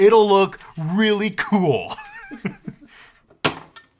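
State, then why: Seated. During reassembly of a Power Mac G5 desktop computer's CPU module, a part is pushed home and snaps into place. Someone talks for most of the clip, then a loud, sharp snap sounds at 3.5 seconds, and the part is seated.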